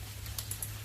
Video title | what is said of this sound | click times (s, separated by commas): Upcycled Entry Hallway Bench - Furniture Flip project - Furniture Makeover | once you hear the clicks | 0.4 s, 0.5 s, 0.6 s